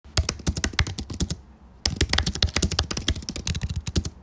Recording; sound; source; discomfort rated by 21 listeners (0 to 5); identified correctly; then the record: sound for misophonia research; typing; not oral or nasal; mean 1.05, standard deviation 1.14; in 41 of 42 trials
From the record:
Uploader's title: Typing...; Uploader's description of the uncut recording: The processing of typing an idea...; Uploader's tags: typing, ideas, computer, keyboard